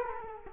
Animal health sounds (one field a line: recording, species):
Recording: mosquito wingbeat signal from an infrared sensor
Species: Culex quinquefasciatus